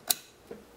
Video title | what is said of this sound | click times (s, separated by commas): Black Rifle Arms CAPS Piston System Overview | snaps and locks into place | 0.1 s